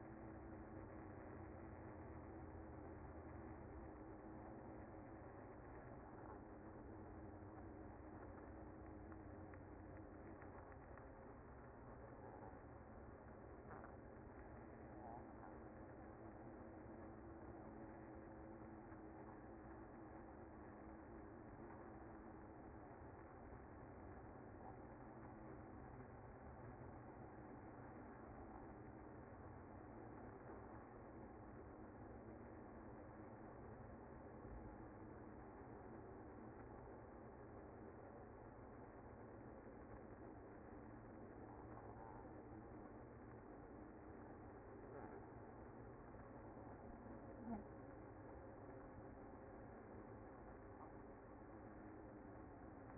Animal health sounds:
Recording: honeybee colony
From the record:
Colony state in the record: active

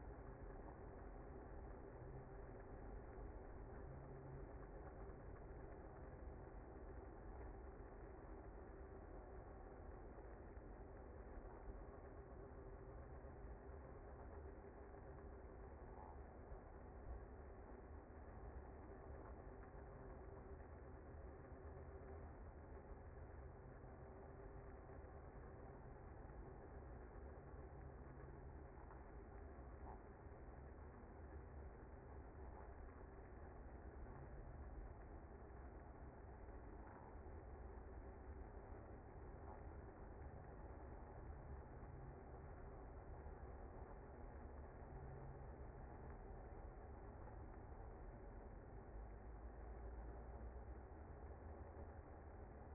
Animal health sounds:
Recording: honeybee colony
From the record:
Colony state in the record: active

